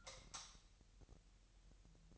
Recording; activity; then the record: daily activity, microphone in the room; light off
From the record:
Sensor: 3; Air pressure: 1001.9 hPa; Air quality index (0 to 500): 245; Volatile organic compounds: 47 ppm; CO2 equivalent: 3250 ppm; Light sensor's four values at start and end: 11/30/12/12 and 6/14/5/6